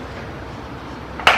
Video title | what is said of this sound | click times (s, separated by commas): How To Use The Tsmine FunClean Spin Mop & Bucket System | you're gonna snap it right in so you hear the snap there | 1.2 s, 1.3 s